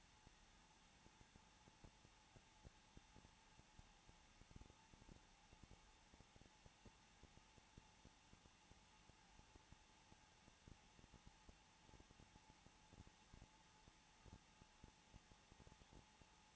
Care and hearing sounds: daily activity, microphone in the room; no activity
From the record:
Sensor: 1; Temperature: 20.2 degrees Celsius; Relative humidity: 35.7%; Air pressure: 994.5 hPa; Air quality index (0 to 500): 182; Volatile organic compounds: 7 ppm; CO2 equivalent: 1995 ppm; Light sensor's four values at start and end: 1/2/1/1 and 1/2/1/1

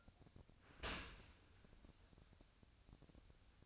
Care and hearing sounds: daily activity, microphone in the room; open dishwasher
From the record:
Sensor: 2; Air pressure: 1003.0 hPa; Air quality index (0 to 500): 200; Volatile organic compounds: 6 ppm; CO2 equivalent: 1898 ppm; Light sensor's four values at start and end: 23/55/24/27 and 23/56/24/27

